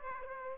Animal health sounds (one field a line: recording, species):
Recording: mosquito wingbeat signal from an infrared sensor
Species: Aedes aegypti